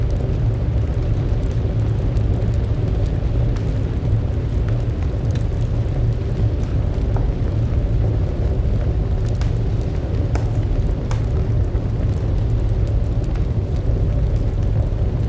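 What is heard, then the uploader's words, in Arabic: A roaring fireplace fills the room with a steady, dense low rumble, while faint crackles and soft pops flicker through at irregular moments. أدفأ مدفأة شتوية. يوفر الطقطقة المريحة والتوهج الدافئ للنار.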